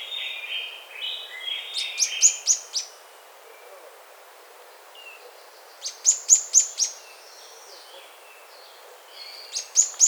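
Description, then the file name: Bird calls: lower warbling notes lead into a quick run of high sharp chirps, repeated after a pause, with another short burst at the end. "SABIOD 50 bird 2015"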